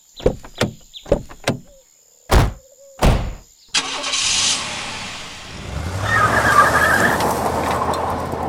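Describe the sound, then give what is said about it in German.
Several sharp thuds of car doors slamming shut, one after another, as one man takes the driver's seat and two people sit in the back, followed by the engine starting and the car pulling away with a rising, steady rumble. No one speaks. “Der eine Mann setzt sich auf den Fahrersitz. Ich setze mich mit dem anderen nach hinten. Das Auto fährt los.”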